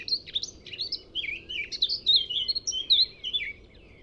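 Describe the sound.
Eurasian blackcap song: a flowing warble of quick, slurred whistled notes that dip and rise.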